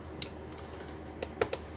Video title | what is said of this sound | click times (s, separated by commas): ACER MENTEŞE TAMİRİ VE TERMAL MACUN BAKIMI | Soketi takmadan fan taktığımız için oturmuyor | none